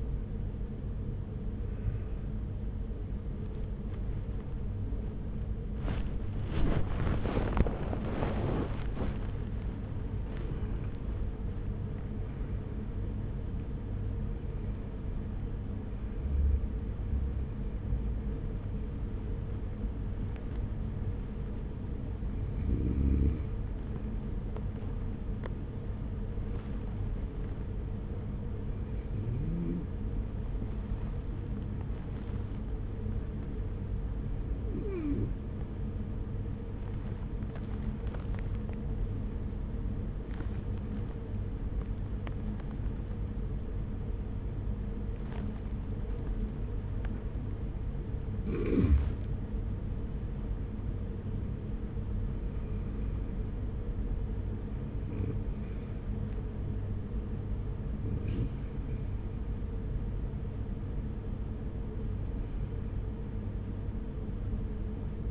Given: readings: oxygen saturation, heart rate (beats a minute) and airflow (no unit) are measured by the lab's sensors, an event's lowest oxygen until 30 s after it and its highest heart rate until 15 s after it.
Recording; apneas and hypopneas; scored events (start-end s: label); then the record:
breathing in sleep by a smartphone at the bedside; 1
19.00-49.70 s: hypopnea (N1, oxygen 99% highest, then 95% lowest)
From the record:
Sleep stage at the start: N1 (lightest sleep); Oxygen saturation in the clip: 90 to 99%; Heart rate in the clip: 32 to 79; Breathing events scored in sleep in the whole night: 210 in 6.9 hours asleep